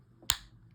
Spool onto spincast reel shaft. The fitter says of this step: okay so when you put that on rotate it around until it snaps into place like that